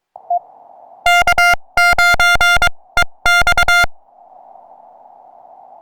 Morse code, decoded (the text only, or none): K9EX